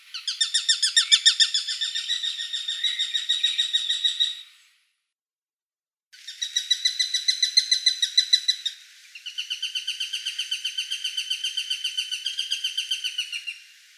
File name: Accipiter nisus